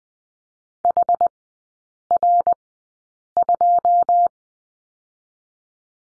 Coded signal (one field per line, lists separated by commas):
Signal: Morse code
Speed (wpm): 20 wpm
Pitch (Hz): 700 Hz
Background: none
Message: H R 2